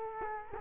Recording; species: mosquito wingbeat signal from an infrared sensor; Culex quinquefasciatus